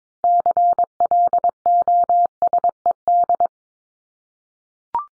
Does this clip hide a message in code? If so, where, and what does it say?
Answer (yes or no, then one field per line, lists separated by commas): yes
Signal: Morse code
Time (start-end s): 0.2-3.5 s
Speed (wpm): 22 wpm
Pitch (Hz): 700 Hz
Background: none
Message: CLOSED